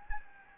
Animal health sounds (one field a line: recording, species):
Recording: mosquito wingbeat signal from an infrared sensor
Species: Anopheles gambiae